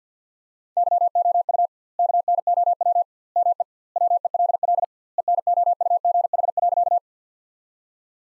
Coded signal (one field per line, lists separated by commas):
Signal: Morse code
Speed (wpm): 50 wpm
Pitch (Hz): 700 Hz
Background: none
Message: YOU KNOW ME WELL ENOUGH.